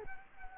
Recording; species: mosquito wingbeat signal from an infrared sensor; Culex quinquefasciatus